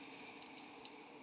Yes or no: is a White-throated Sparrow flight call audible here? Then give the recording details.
no. No flight call is heard. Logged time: 11:17 on 18 November 2014